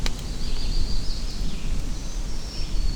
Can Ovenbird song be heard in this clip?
no